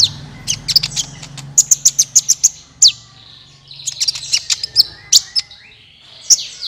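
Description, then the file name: Van Hasselt's Sunbird song: a rapid series of high, bright ticking notes, a brief pause, then more quick twittering. "suara kolibri ninja"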